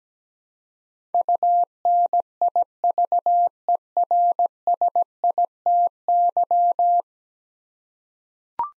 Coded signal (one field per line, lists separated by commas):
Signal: Morse code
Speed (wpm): 17 wpm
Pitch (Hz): 700 Hz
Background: none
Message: UNIVERSITY